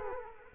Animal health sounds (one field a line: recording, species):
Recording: mosquito wingbeat signal from an infrared sensor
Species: Culex quinquefasciatus